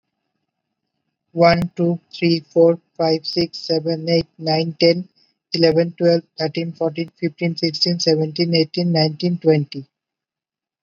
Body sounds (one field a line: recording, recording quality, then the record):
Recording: counting at a fast pace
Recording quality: excellent, no background noise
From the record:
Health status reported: recovered from COVID-19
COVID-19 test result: positive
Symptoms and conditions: fatigue, loss of smell and taste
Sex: male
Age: 34 years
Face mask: not worn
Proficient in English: yes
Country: India